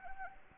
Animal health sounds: mosquito wingbeat signal from an infrared sensor; Anopheles arabiensis

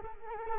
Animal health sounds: mosquito wingbeat signal from an infrared sensor; Culex quinquefasciatus

